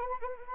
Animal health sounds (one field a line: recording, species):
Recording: mosquito wingbeat signal from an infrared sensor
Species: Anopheles arabiensis